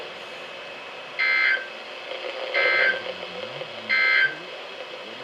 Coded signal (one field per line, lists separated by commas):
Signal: Emergency Alert System (SAME) tones